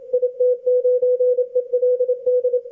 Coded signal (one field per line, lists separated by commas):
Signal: Morse code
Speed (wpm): 22 wpm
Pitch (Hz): 500 Hz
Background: none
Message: IT9ELD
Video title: XE2X 160m cw